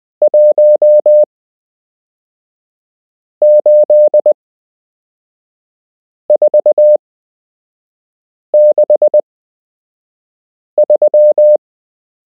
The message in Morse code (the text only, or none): 18463